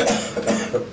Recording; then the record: coughing mixed with background sound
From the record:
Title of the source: Cough Around the Clock!